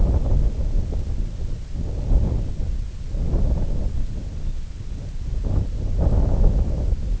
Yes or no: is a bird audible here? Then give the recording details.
no. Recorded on Arctic tundra, site IGLO-D, on 20 June 2018. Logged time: 16:00